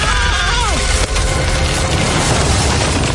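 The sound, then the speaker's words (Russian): A wooden tower, cracked by blows from the paws of giant leaping hares, collapses with a loud, sustained crashing roar, opening with creaking, groaning tones that bend downward, then a sharp crack and a rumbling, splintering cascade of debris. “Башня наклоняется. Падает.”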